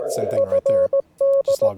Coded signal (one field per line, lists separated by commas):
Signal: Morse code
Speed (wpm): 17 wpm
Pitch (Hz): 550 Hz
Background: speech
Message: FD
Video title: A Field Day at Home with The Club!!!